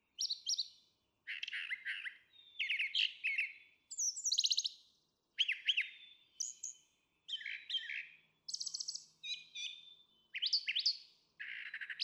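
Brown Thrasher song, a string of varied phrases of rich slurred notes and high chips, with short breaks.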